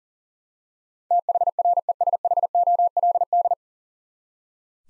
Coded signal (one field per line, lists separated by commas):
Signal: Morse code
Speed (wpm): 40 wpm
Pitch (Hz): 700 Hz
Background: none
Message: THRESHOLD